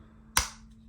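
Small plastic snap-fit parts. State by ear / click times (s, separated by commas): seated / 0.4 s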